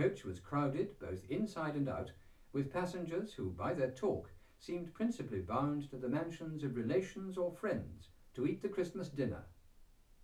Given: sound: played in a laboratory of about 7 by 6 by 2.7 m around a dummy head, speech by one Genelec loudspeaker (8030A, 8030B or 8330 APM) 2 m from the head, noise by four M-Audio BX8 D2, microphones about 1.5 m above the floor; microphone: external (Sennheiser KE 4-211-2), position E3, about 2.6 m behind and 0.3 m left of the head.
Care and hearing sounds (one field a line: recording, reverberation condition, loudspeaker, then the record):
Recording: male speech in English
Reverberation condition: low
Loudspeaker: 60 degrees to the right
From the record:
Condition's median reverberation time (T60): about 310 ms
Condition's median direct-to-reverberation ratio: about 3.5 dB